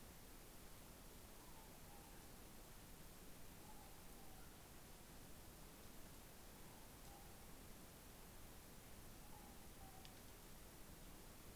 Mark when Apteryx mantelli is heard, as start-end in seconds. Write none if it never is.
none